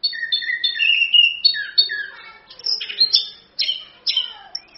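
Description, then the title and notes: Orange-headed thrush repeating quick paired whistled notes in a steady rhythm, then shifting into higher, scratchier chirped phrases. Masteran song of the thrush, meant as a pancingan lure to prompt another bird to sing; song described as gacor (vigorous) and ngerol (continuous rolling). "ANIS KEMBANG GACOR, ANIS KEMBANG NGEROL, PANCINGAN ANIS KEMBANG BIAR BUNYI. Masteran Anis Kembang"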